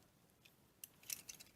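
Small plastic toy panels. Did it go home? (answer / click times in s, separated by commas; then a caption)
yes / 0.8 s, 1.1 s. The plastic leg panels on a Lost Planet Mechanic Studios MS-02 Engineer transforming action figure (Transformers G1 Autobot Huffer) are split open and snapped into position. Sharp plastic clicks land at 0.8 s and 1.1 s as the panels lock into place, with fainter ticks and rubbing around 0.5 s, 1.0 s and 1.3 s.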